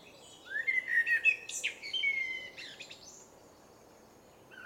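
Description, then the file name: Eurasian blackbird delivers one rising fluted phrase that runs into sharp, high twitters and a brief thin trill, followed by a quiet gap and the start of another note. "Turdus merula"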